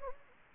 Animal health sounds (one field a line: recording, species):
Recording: mosquito wingbeat signal from an infrared sensor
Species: Anopheles gambiae